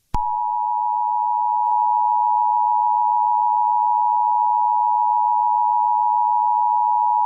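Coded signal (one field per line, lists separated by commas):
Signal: Emergency Alert System (SAME) tones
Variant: 853 and 960 Hz attention tone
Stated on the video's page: Mock winter storm warning EAS alert made with a DASDEC screen.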